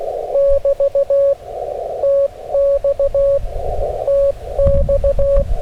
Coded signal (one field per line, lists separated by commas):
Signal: Morse code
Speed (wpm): 15 wpm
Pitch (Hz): 560 Hz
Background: radio noise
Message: <BT> TX TX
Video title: STRAIGHT KEY, QRP Parks on the Air FUN @ US-3786 #qrp #straightkey #cw #parksontheair